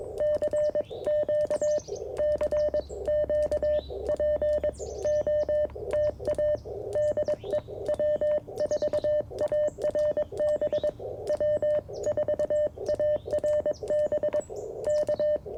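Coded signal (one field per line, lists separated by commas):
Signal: Morse code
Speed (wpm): 21 wpm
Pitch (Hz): 600 Hz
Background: radio noise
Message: CQ CQ POTA DE W4ARB W4ARB K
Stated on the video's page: QRP CW Parks on the Air activation using a CFT1 radio, a Modern Morse Nameless key, and a whip antenna with a coil.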